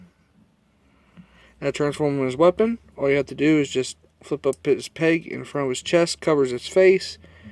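Someone talks while handling a plastic Transformers Combiner Wars Computron toy robot, flipping up a peg in front of its chest so the chest covers its face during the transformation to robot mode. The legs have not yet been pushed down and nothing has locked into place or clicked.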